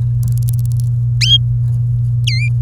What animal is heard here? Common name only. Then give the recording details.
Domestic Canary. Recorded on 24 April 2018 at 05:50. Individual llb3